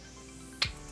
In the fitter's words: click there we go click